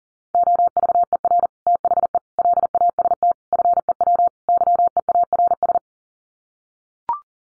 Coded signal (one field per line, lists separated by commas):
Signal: Morse code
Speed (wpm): 37 wpm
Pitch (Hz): 700 Hz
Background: none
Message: OVER THE LAST FEW YEARS